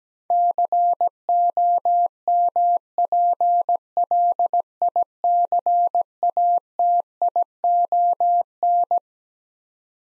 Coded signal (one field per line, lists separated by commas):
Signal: Morse code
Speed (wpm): 17 wpm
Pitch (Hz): 700 Hz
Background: none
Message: COMPLICATION